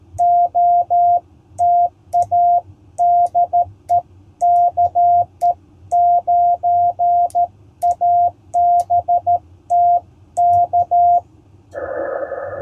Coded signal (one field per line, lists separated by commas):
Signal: Morse code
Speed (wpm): 13 wpm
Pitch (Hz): 700 Hz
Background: none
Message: OTA DE KE9ABT K